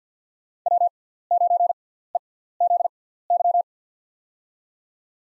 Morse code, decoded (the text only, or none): W9EZY